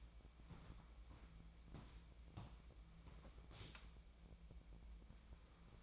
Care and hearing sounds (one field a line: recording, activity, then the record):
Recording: daily activity, microphone in the room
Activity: walk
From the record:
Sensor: 1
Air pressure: 1012.2 hPa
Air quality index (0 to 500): 180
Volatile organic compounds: 3 ppm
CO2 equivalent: 1472 ppm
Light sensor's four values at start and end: 47/128/52/64 and 48/130/53/66